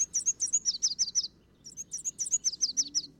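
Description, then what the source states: Red warbler singing two quick bursts of high, sharp twittering notes separated by a short pause, over a faint low hum. Sung on a clear, sunny morning in the breeding season, February to May; endemic to humid pine, oak and fir forests of the Mexican highlands.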